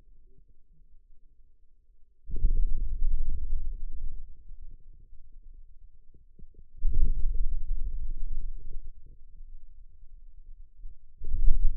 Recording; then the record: forearm muscle sounds (acoustic myography)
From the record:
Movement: hand closing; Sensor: system 2, bracelet of six BSWA MPA416 microphones around the upper forearm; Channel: 6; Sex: male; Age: 22 years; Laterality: right